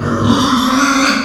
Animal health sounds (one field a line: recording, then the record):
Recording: squeal of a Yucatan mini pig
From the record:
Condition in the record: after surgery on the right vocal fold (resection and tissue-engineered implant)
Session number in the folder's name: 14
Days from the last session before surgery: 133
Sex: female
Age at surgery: 19 weeks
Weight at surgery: 25 kg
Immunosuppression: prednisolone